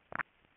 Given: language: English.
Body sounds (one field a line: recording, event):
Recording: throat vibration sensor signal played as sound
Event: swallow